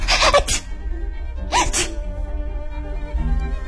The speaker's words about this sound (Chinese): 一阵狂风就把他刚做好的壳给吹散了，壳变成了一个又一个的碎片在风里飞着，而且吹得伯格鼻子里全都是灰，他整个晚上都在打喷嚏。